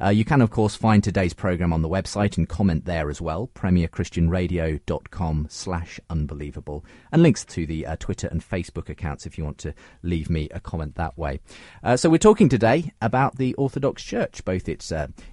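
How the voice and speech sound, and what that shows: An adult male radio programme host speaks fluently in a low, steady voice with even pacing and short natural pauses between phrases. His articulation is clear and his voice quality is ordinary: typical speech.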